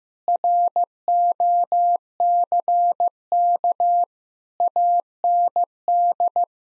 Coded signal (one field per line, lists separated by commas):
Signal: Morse code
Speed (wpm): 15 wpm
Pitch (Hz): 700 Hz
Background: none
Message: ROCK AND